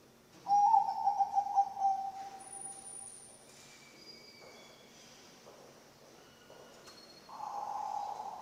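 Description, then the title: Zebra dove song, a pulsed low coo phrase, then thin high whistles during the pause, before the dove's next phrase begins. Bangkok-type zebra dove (perkutut bangkok) song, used as a master recording for training birds (masteran) and for luring (pancingan). "mster Mnuk. SUARA OCEHAN BURUNG PERKUTUT BANGKOK Untuk MASTERAN dan PANCINGAN"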